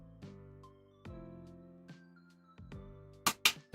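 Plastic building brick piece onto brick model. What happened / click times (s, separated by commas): The plastic brick piece snapped into place / 3.3 s, 3.5 s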